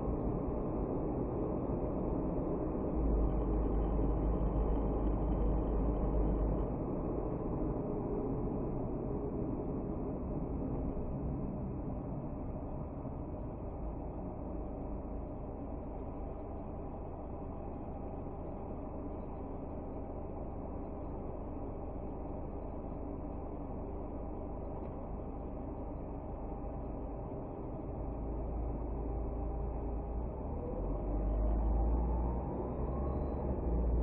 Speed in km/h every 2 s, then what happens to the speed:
41, 42, 43, 40, 29, 17, 6, 0, 0, 0, 0, 0, 2, 4, 6, 12, 19.
0-5 steady at about 42. 5-14 brakes to 0. 14-24 standing. 24-34 pulls away to 19.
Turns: none.